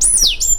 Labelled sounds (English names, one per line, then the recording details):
Stitchbird song
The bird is a male
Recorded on Tiritiri Matangi Island, New Zealand, in 2005
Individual 2, of nest box 2